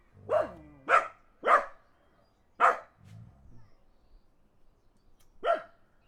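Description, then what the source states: Dog giving four quick barks in the first three seconds, a pause with faint low rumbling, then one final bark. Dogs barking in the countryside as a car passes.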